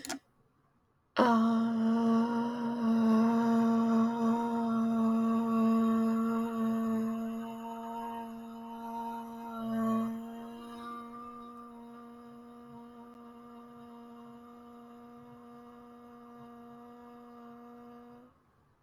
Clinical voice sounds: vowel held as long as possible; female; 30 to 39 years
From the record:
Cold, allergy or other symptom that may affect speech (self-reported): no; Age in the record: 35 years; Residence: Oregon, United States

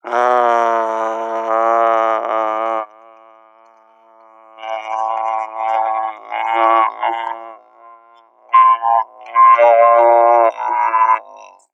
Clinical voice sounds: vowel held as long as possible; male; 30 to 39 years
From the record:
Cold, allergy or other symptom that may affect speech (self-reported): no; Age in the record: 35 years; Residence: Connecticut, United States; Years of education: 16

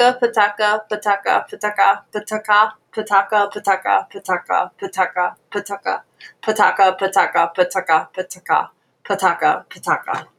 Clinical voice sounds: repeated syllables /pa ta ka/; female; 30 to 39 years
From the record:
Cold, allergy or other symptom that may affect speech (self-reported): no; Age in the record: 33 years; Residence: Pennsylvania, United States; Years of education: 16

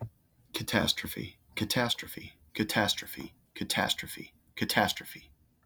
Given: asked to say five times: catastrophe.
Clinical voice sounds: repeated word; male; 30 to 39 years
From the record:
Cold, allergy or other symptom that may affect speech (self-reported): no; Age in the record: 38 years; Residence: Georgia, United States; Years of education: 24

